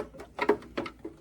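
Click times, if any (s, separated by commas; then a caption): none. A plastic airflow shroud is pressed and wiggled down over the RAM and CPUs inside a Dell T710 server, making a few short plastic taps and rattles between about 0.4 and 1.1 s, loudest near 0.8 s. The shroud has not clicked into place.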